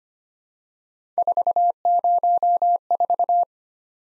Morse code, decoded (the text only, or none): 404